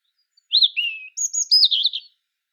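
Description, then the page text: European robin song, a short phrase of thin high whistles and sliding notes ending in a quick warbled flourish, with no other sounds. "Птицы-целители - Зарянка (Erithacus rubecula)"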